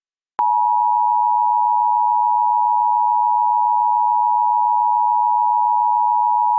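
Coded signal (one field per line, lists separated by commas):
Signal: Emergency Alert System (SAME) tones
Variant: 853 and 960 Hz attention tone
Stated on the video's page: Mock reenactment of a Texas required weekly test, using valid EAS tones.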